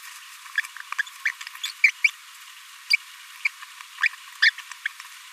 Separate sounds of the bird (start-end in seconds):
0.99-1.02, 1.25-1.29, 1.63-1.66, 1.84-1.91, 2.04-2.10, 2.90-2.93, 3.45-3.48, 4.42-4.50, 4.58-4.60, 4.85-4.87